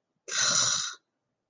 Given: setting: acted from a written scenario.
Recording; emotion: vocal sound without words; contempt